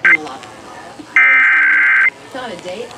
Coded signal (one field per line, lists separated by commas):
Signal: Emergency Alert System (SAME) tones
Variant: header bursts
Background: speech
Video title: Pennsylvania's RMT (EAS #4464-4470)